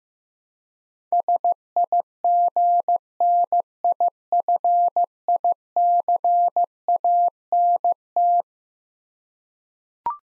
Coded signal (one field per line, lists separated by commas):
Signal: Morse code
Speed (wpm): 15 wpm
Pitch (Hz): 700 Hz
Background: none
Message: SIGNIFICANT